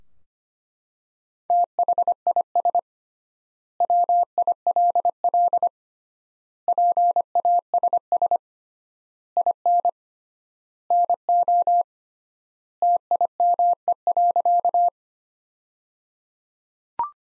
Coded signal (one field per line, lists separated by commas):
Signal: Morse code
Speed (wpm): 25 wpm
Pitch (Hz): 700 Hz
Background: none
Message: THIS WILL PASS IN NO TIME.